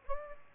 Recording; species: mosquito wingbeat signal from an infrared sensor; Aedes aegypti